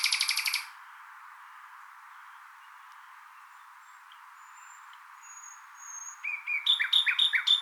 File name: Luscinia megarhynchos